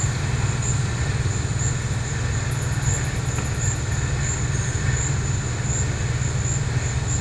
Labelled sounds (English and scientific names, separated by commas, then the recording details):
none
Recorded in pastures near Puerto Asís, Putumayo, Colombia, on 26 December 2024 at 14:00
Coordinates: 0.466, -76.322
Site G040